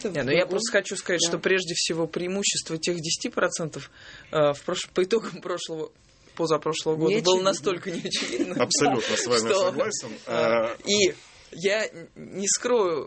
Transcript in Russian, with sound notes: Не, ну, я просто хочу сказать, что, прежде всего, преимущество тех 10% по итогам позапрошлого года было настолько неочевидно. (смеется)
Абсолютно с вами согласен.
И я не скрою.